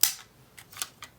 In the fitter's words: you pull it down you can hear that clicking sound